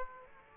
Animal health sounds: mosquito wingbeat signal from an infrared sensor; Aedes aegypti

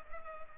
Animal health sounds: mosquito wingbeat signal from an infrared sensor; Culex pipiens

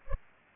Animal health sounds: mosquito wingbeat signal from an infrared sensor; Culex pipiens

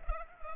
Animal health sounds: mosquito wingbeat signal from an infrared sensor; Culex pipiens

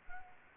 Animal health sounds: mosquito wingbeat signal from an infrared sensor; Anopheles gambiae

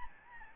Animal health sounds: mosquito wingbeat signal from an infrared sensor; Aedes albopictus

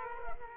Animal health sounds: mosquito wingbeat signal from an infrared sensor; Culex quinquefasciatus

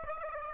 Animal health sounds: mosquito wingbeat signal from an infrared sensor; Aedes aegypti

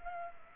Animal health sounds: mosquito wingbeat signal from an infrared sensor; Culex pipiens

